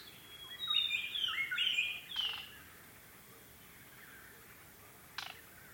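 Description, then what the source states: White-browed robin-chat giving a brief run of whistled, slurred phrases against a noisy background, followed by a couple of sharp clicks. Okavango Panhandle, 14 August 2015, 6:36 AM; ever-changing song that seems to come from everywhere at once; mic placed outside the tent; Sound Devices 702 recorder with Sennheiser 418 stereo microphone.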